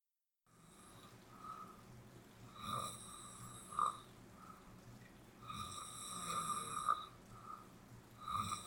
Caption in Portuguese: 10 minutos de roncos e chuva poema material do poeta sonhante.